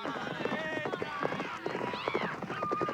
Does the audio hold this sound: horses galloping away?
yes